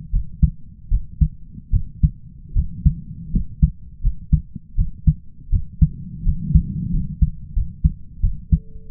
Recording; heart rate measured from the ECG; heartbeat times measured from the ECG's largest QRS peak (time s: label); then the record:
heart sounds by stethoscope; 82 bpm
0.10 s: heartbeat
0.89 s: heartbeat
1.71 s: heartbeat
2.53 s: heartbeat
3.31 s: heartbeat
4.01 s: heartbeat
4.75 s: heartbeat
5.50 s: heartbeat
6.23 s: heartbeat
6.91 s: heartbeat
7.53 s: heartbeat
8.21 s: heartbeat
8.89 s: heartbeat
From the record:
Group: healthy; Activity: rest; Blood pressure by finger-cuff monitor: 118/63 mmHg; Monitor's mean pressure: 75 mmHg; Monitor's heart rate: 81 bpm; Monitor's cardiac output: 5.9 L/min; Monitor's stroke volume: 79 mL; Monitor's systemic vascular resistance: 910 dyn s/cm5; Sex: male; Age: 20 years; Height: 167 cm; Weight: 61 kg